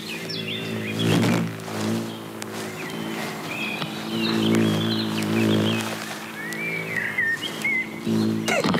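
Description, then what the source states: Cockchafers buzzing in flight, low droning hums swelling and fading as several beetles pass and overlap, while birds chirp and whistle above. Many cockchafers suddenly flying back and forth around the reporters; their buzzing likened to a concert.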